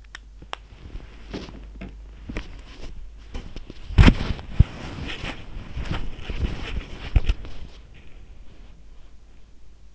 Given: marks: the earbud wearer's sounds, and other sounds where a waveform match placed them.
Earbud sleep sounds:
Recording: sounds in sleep by an in-ear microphone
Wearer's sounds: body movement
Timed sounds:
0.00-9.72 s: body movement

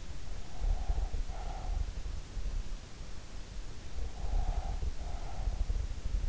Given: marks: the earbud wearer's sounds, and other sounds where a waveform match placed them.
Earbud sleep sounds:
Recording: sounds in sleep by an in-ear microphone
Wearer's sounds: breath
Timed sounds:
0.35-2.29 s: breath
4.10-6.29 s: breath

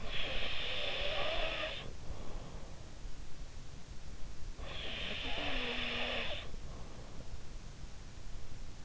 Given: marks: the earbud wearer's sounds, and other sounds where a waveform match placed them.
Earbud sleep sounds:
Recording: sounds in sleep by an in-ear microphone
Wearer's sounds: snoring breath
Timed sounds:
0.00-2.72 s: snoring breath
4.69-7.05 s: snoring breath

